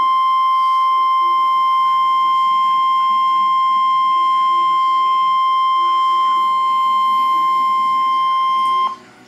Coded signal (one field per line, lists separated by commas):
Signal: Emergency Alert System (SAME) tones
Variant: 1050 Hz attention tone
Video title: EAS Alert #335-338 (SVR & 3 Tornado Warnings, including a Tornado Emergency)